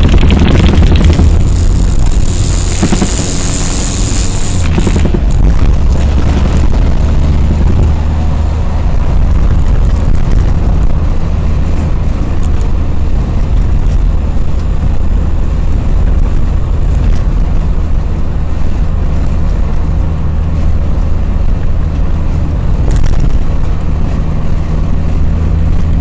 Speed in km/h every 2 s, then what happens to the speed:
53, 56, 58, 64, 66, 66, 64, 64, 65, 65, 66, 65, 68.
0-7 speeds up to 66. 7-26 steady at about 65.